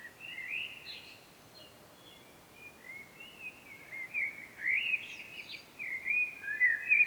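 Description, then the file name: Common blackbird song: soft warbled notes at first, then louder fluty phrases with quick twittering ends toward the close, over light background hiss. "Turdus merula"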